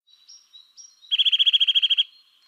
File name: Sitta europaea